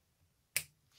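An RGB 24-pin extension cable is plugged onto the 24-pin power cable that stays on the motherboard. A single sharp click sounds at 0.6 s, followed by a fainter rustle near 1.0 s. The extension cable clips in and is seated.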